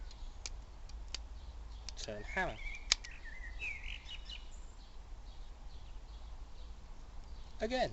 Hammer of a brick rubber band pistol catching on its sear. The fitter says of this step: until you hear that click and then you do it again